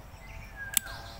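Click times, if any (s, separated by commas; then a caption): 0.8 s. An adjustable PVC buttstock on a homemade PVC toy gun is slid into position until its lock engages. A single sharp little click is heard at 0.8 s over quiet background noise, and it means the stock is locked and won't come off.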